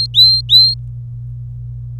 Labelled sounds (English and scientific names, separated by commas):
Domestic Canary (Serinus canaria) song